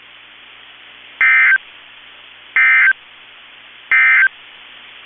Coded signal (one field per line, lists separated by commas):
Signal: Emergency Alert System (SAME) tones